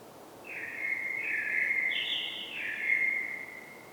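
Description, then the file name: Common blackbird giving one mellow, fluted phrase that steps up in pitch and then drops back down, sustained for about three seconds against a faint hiss. "Turdus merula"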